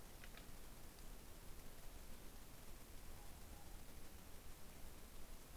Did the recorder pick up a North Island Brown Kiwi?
no